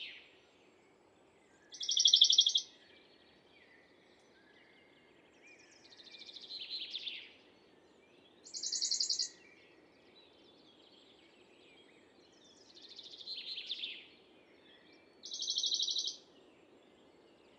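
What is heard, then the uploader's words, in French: A Bonelli's warbler sings short, dry trills, high-pitched, repeated roughly every three seconds. The trills alternate between a sharp, loud version and a softer, slightly lower, blurred one. A steady low hum of wind or noise runs underneath. La carrière -Lesches en diois - Mixpr3 - mkh40 - stereo. Un Pouillot de Bonelli.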